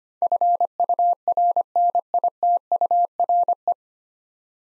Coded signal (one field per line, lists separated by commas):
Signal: Morse code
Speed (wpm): 25 wpm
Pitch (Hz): 700 Hz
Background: none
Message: FURNITURE